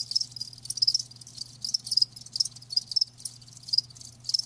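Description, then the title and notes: Crickets give piercing high chirps in uneven bursts, with a soft low hum. Live crickets, offered as a lulling song to help with sleep. "Live Crickets Chirping. Enjoy the lulling song of crickets"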